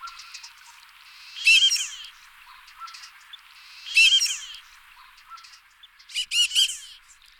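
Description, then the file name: Marbled duck calls: three bursts of nasal, squeaky notes about every two and a half seconds, with soft short notes between them. "Cirka uzkozoba Anas angustirostris"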